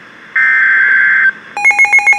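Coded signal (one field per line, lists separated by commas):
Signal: Emergency Alert System (SAME) tones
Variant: header bursts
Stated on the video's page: Severe thunderstorm warning heard on weather radio station.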